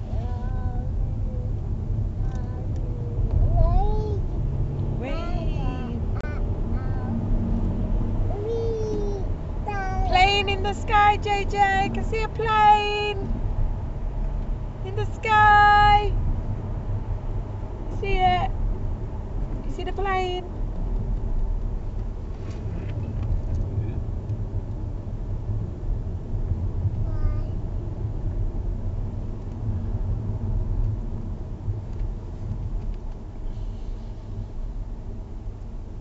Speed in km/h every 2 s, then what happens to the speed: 39, 44, 55, 64, 72, 77, 74, 72, 66, 56, 48, 42, 40, 40, 39, 37, 37, 35.
0-11 speeds up to 77. 11-36 slows to 35.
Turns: 0-5, 19-29.